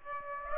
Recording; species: mosquito wingbeat signal from an infrared sensor; Aedes aegypti